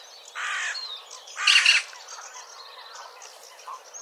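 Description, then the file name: Eurasian magpie producing two harsh, scratchy chatter bursts in quick succession. "Pica pica"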